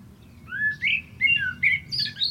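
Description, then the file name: Common blackbird song: several mellow whistled notes in quick sequence, ending with higher squeaky twitters. "Turdus merula"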